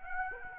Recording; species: mosquito wingbeat signal from an infrared sensor; Aedes aegypti